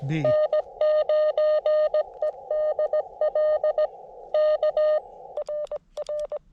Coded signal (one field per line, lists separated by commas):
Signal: Morse code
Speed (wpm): 20 wpm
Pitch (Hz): 590 Hz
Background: speech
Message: N9EDL K RR